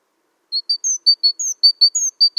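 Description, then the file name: Great tit: about a dozen crisp high notes in a brisk series, paired level notes alternating with higher slurred ones. The background is silent. "Parus major"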